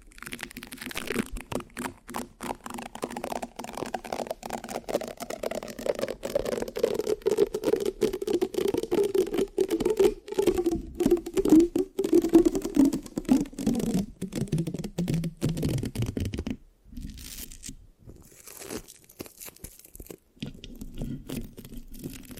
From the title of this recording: Mic Scratching, Sticky, Brain Massage Triggers